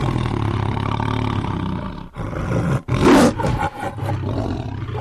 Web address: tigers